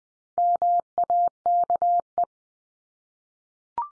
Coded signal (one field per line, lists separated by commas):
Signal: Morse code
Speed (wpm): 20 wpm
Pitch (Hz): 700 Hz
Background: none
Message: MAKE